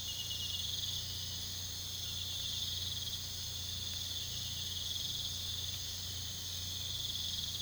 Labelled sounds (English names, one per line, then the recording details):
none
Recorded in pastures near Puerto Asís, Putumayo, Colombia, on 18 February 2024 at 03:00
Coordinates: 0.486, -76.323
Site G6462